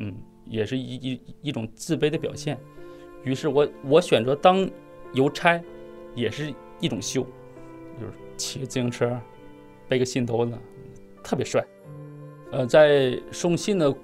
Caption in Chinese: 我口吃，我讲脱口秀。 今年三十五岁，辽宁人，目前在东北的一个三线城市讲脱口秀。 他说自己打记事以来就被口吃的问题困扰着，三十多年来想尽了办法。想要把话说得更流畅一些。